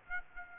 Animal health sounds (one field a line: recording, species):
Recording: mosquito wingbeat signal from an infrared sensor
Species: Aedes aegypti